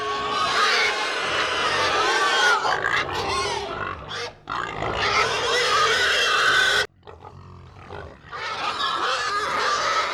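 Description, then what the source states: Pig herd grunting and squealing together in loud overlapping bursts, broken by brief gaps, with rough harsh grunts under higher shrieks throughout. A herd of many pigs grunting and screaming.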